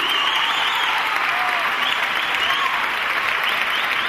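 Steady, dense applause from a theatre audience at the Teatro Opera, a continuous wash of many hands clapping at an even loudness for the whole stretch, with no voices standing out above it.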